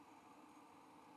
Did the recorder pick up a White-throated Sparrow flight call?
no